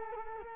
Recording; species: mosquito wingbeat signal from an infrared sensor; Culex quinquefasciatus